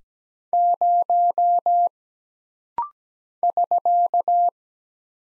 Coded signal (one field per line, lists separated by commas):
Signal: Morse code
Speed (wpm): 17 wpm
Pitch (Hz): 700 Hz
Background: none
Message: 0 <SK>